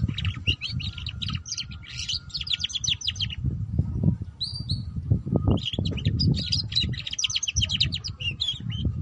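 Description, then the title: Canary song, two bursts of fast warbled trills with a short pair of high whistled notes between them, over low rumbling background noise. Belgian canary; song to warm up and stimulate canaries to sing, for canaries learning the ngeriwik sound, suited as a lure for ngeriwik canaries. "Canto Para Esquentar Canário Belga. Suara Kenari Belajar Bunyi Ngeriwik || Cocok Untuk Pancingan Kenari Ngeriwik"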